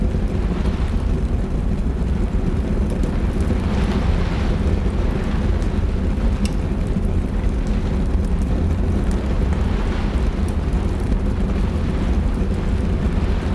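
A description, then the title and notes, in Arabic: Rain and a crackling fire under a storm, dominated by a deep, steady rumble that never lets up. A dense hiss of rain rides above it, swelling and easing every couple of seconds, while sharp little pops and snaps from the fire break through now and then. العلية الدافئة في عاصفة. حيث تكتكة النار في المدفأة تنير الغرفة بوهج دافئ يرقص على الجدران. خارجًا، يهطل المطر على النوافذ، إيقاعه المتواصل يضيف إلى السيمفونية المهدئة للعلية. أصوات المطر وتكتكة النار.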